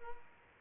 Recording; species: mosquito wingbeat signal from an infrared sensor; Aedes aegypti